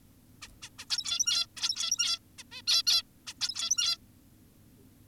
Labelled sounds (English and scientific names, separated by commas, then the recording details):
Zebra Finch (Taeniopygia guttata)
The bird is an adult
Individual g17y2U